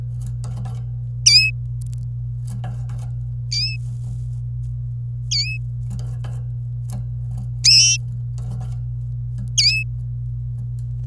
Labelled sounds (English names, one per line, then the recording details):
Domestic Canary song
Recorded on 26 April 2018 at 05:48
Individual llb3